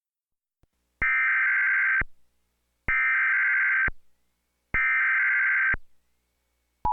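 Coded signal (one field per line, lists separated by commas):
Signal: Emergency Alert System (SAME) tones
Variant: header bursts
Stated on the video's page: Fictional EAS scenario depicting a disaster.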